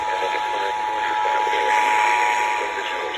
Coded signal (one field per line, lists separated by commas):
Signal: Emergency Alert System (SAME) tones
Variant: 853 and 960 Hz attention tone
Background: speech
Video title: Last Georgia RMT of 2022 + NWR Weeklys (EAS #610-628)